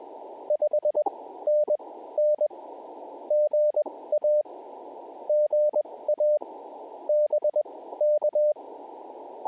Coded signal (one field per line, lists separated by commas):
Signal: Morse code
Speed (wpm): 21 wpm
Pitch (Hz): 600 Hz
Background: none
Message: 5NN GA GA BK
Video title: Elmodel WMA Activation Jan 1, 2025 #hamradio #cw #pota #parksontheair #qrp #morsecode #potababe